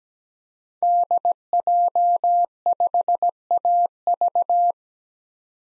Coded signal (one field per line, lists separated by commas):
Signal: Morse code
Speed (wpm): 17 wpm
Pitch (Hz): 700 Hz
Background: none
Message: DJ5AV